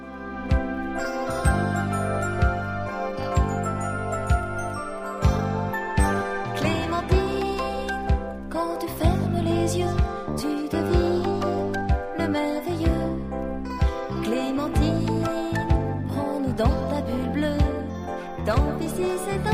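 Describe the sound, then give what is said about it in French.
The theme song of the cartoon series Clémentine plays throughout, bright and busy music with a steady, bouncing bass beat and a lively melody layered on top, continuous and fairly loud. “Je t'invite à écouter le cultissime générique de Clémentine”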